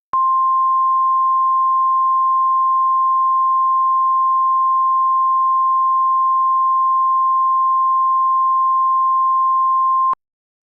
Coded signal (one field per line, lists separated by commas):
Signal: Emergency Alert System (SAME) tones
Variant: 1050 Hz attention tone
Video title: SEVERE TORNADIC MANIA: An EAS Scenario Sneak Peek Preview